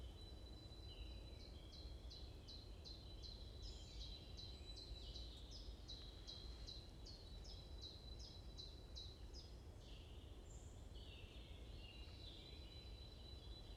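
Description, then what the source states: Birds chirping: a long fast series of sharp, downward-slurred notes, with warbling phrases overlapping, over a steady low rumble. Morning birds chirping in a forest at Bosvoorde, Watermaal-Bosvoorde, Brussels, Belgium; described as peaceful; recorded with an AMBE VR microphone.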